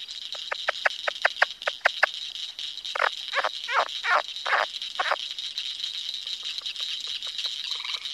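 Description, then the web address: Plains leopard frog giving quick clicking pulses followed by several louder, rougher chuckling notes, against a constant high-pitched background chorus and a nasal call. "Frog Calls Rana blairi - Plains Leopard Frog"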